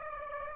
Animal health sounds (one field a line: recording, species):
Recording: mosquito wingbeat signal from an infrared sensor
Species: Aedes aegypti